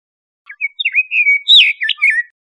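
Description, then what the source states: Scott's oriole song, a short rich phrase of clear whistled notes that warble up and down, lasting under two seconds, with no other sounds. Costa Rica.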